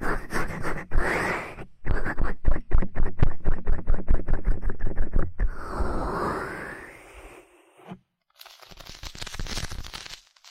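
Ear cleaning massage with dense, rough scratching that comes in quick regular strokes for the first five seconds, then turns into a smoother, rising rub. After a brief silence near eight seconds, faster bright scratching resumes until the end.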